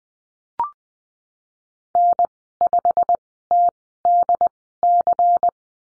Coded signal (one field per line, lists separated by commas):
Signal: Morse code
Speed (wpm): 20 wpm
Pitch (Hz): 700 Hz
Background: none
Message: N5TDC